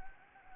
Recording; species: mosquito wingbeat signal from an infrared sensor; Anopheles arabiensis